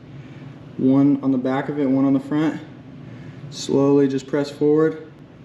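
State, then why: Not seated. A metal spring clip is pressed forward onto the master link pins of a dirt bike drive chain with needle nose pliers, one jaw on the back of the clip and one on the front. Someone talks throughout over a low steady background hum. Nothing has seated or clicked yet by the end of the clip.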